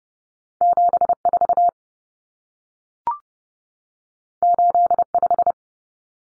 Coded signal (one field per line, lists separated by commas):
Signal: Morse code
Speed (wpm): 30 wpm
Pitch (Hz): 700 Hz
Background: none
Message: 74 85